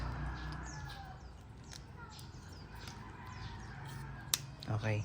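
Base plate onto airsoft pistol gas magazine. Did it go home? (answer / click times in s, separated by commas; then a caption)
yes / 4.3 s. After gas is filled into a Double Bell Glock 17 721D airsoft pistol gas magazine, its plastic/metal base plate is slid back on until it locks. A sharp, loud short click at 4.3 s marks the lock, over a steady low background hum, and someone talks afterward. The base plate is seated and locked so it can no longer come off.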